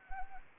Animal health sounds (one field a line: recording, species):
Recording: mosquito wingbeat signal from an infrared sensor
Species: Anopheles arabiensis